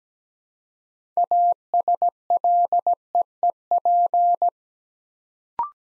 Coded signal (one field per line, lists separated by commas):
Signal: Morse code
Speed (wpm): 17 wpm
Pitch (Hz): 700 Hz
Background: none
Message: ASLEEP